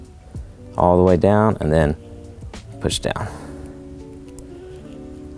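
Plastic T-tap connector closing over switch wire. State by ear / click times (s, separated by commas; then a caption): seated / 4.4 s. Someone talks over background music while a red switch wire is run through a plastic T-tap connector and the connector is pressed down during a Paladin Series light bar install on a 2024 Ranger Raptor. A short, sharp click at 4.4 s marks the T-tap connector snapping closed and seating over the switch wire.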